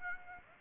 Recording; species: mosquito wingbeat signal from an infrared sensor; Aedes aegypti